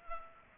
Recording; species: mosquito wingbeat signal from an infrared sensor; Culex pipiens